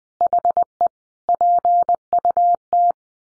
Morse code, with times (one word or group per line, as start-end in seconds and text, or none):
0.2-0.9 HE
1.3-2.9 PUT